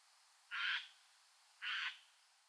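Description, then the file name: Eurasian jay giving two harsh, rasping screeches, each about a third of a second long and spaced roughly one second apart, against a quiet background. "Garrulus glandarius"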